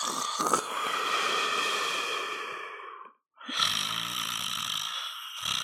People snoring.